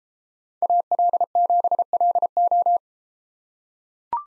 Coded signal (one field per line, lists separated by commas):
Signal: Morse code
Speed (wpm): 32 wpm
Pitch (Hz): 700 Hz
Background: none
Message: AL7LO